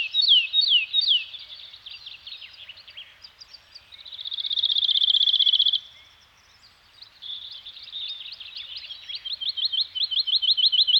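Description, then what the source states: Bird song: sweeping high notes, then a dense buzzy trill lasting about two seconds, a short silence, and a closing series of quick repeated notes. Nature soundscape of a Scandinavian forest environment with birds singing.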